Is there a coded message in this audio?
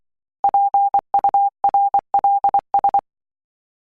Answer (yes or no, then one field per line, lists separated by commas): yes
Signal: Morse code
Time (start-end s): 0.4-3.0 s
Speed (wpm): 24 wpm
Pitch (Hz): 800 Hz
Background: none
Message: PURLS